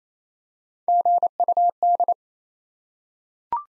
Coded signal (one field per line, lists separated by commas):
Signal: Morse code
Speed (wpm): 28 wpm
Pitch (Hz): 700 Hz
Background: none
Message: GUD